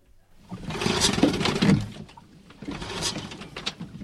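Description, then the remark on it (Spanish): A rented motorboat's engine is cranked twice, each attempt a rough, grinding sputter that swells and dies away without catching, with a short pause between tries; the boat is said to have no fuel. “Hemos alquilado una lancha, Juana, trata de arrancarla, venga.”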